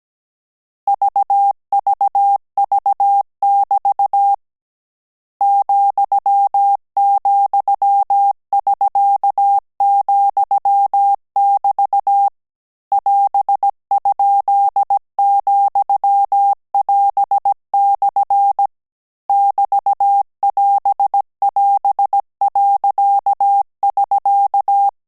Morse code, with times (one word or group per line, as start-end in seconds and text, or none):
0.9-4.3 VVV<BT>
5.4-12.3 ,,<SK>,<BT>
12.9-18.7 <AS>?,<AS>/
19.3-24.9 <BT><AS><AS>.<SK>